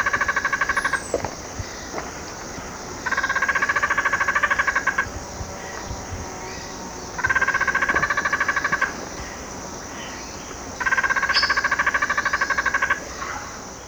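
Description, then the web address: Dusky Spinetail repeating a rapid nasal rattle in bursts of about two seconds, roughly every four seconds, with faint clicks and background hiss between. Ecuador. "Birds of Ecuador. Dusky Spinetail"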